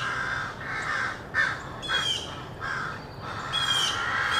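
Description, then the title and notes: Crows giving repeated harsh caws with short gaps between. Rowdy crows loudly cawing in treetops of an urban park just after sunrise; made while out with a camera. "Field Recording: The Wild and Raucous Sounds of Crows Cawing in the Treetops. keith dotson. the fine art photographer podcast. a field recording of rowdy crows loudly cawing in the treetops amidst the sounds of other birds -- and since this was recorded in an urban park -- also you may hear the sounds of morning traffic"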